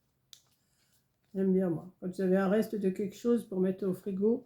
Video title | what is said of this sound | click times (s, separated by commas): retour action | Hop, puis ça se clipse. | 0.3 s